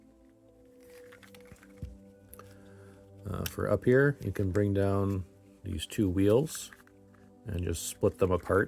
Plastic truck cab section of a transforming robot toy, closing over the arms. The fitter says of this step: bring the cab down over them and it'll just kind of click in place